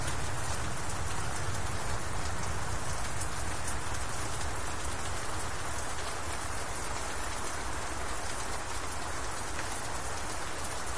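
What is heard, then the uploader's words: Rain falls steadily on a castle, a dense, even hiss with drops pattering across surfaces and a soft low rumble underneath. Rain On Castle With Thunder And Lightning.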